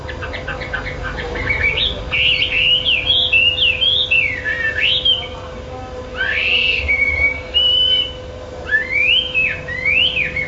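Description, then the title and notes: Bird singing a run of clear whistled phrases that swoop up and down in quick succession, with short pauses between bursts and a steady low hum beneath. "Kicau Burung Lengkap"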